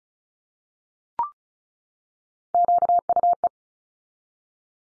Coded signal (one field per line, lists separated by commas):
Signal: Morse code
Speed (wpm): 34 wpm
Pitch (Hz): 700 Hz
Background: none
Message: QUE